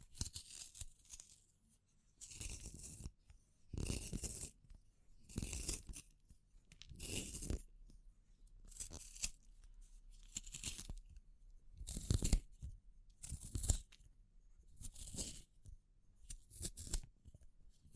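Wood, bamboo and straw being handled in a series of short bursts, roughly every one to two seconds, each a crisp rustling scrape with a bright, hissy top. Between bursts there are near-silent gaps, with a faint low rumble underneath throughout.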